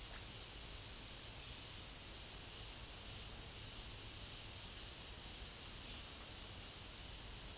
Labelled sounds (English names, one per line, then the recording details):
none
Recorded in dense forest near Puerto Asís, Putumayo, Colombia, on 20 February 2024 at 14:30
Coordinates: 0.505, -76.324
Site G6467